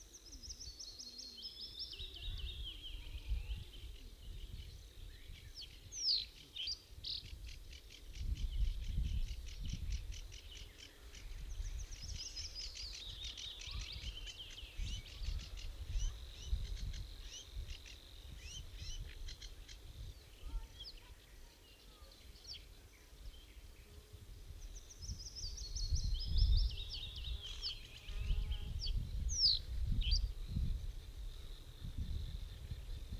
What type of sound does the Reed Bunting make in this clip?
song